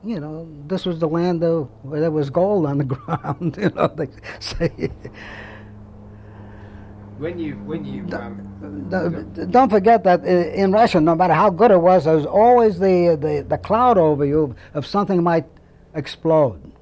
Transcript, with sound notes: You know, this was the land where there was gold on the ground. (He laughs.) You know, they say.
When you, when you--
Don't forget that in Russia no matter how good it was there was always the cloud over you of something might explode.